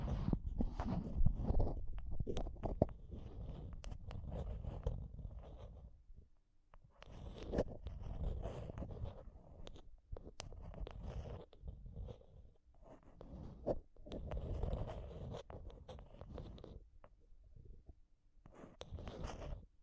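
Mic tapping and scratching in dense, rough bursts, with a heavy low rumble under sharp clicks and taps. The scratching comes in irregular stretches lasting a few seconds, broken by brief quiet pauses around the seven, twelve and seventeen second marks.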